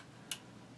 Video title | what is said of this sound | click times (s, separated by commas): SKS rifle Underfolder Full Monty disassembly & field stripping. Part 1/2 | and i heard the snap and it does look | 0.3 s